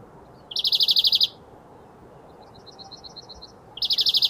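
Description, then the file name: European greenfinch song with two bursts of fast rattling trill, separated by a softer, quieter trill in the pause between them. "Chloris chloris"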